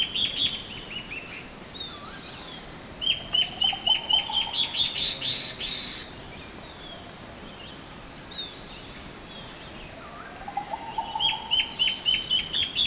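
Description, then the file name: Bird repeating rapid strings of short descending notes twice, with a few faint lower chirps, over a persistent shrill insect chorus. "SABIOD 50 bird 2015"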